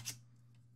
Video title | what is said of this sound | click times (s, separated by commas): MON SETUP MOTOVLOG ! (tuto GoPro !) | face aux branches et ça se clipse donc | 0.1 s